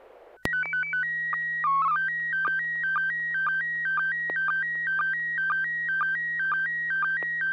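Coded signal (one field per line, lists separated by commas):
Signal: SSTV (slow-scan television)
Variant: PD 120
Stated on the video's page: SSTV images sent on a weekly net over a 145.250 MHz FM repeater.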